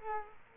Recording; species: mosquito wingbeat signal from an infrared sensor; Culex quinquefasciatus